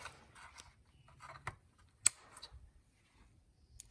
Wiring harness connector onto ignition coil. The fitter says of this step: Until you hear that click.